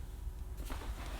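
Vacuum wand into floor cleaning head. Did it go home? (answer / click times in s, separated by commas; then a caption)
no / none. A plastic Flexology wand of a Shark Stratos IZ400UKT Pet Pro cordless stick vacuum is pushed into the neck of its DuoClean floor head, which is set upright, with low rumbling handling noise and a brief scraping rustle around 0.6–0.7 s. Nothing has seated or clicked yet; the clip ends just before the wand locks home.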